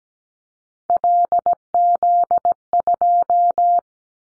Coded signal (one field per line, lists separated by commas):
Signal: Morse code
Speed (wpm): 17 wpm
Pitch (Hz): 700 Hz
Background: none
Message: LZ2